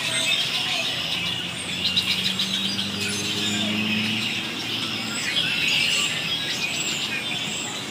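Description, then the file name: Birds keep up a crowded chorus of high chirps while a low engine hum rises beneath them in the middle. Many birds calling very excitedly. "birds going absolutely crazy pt 2"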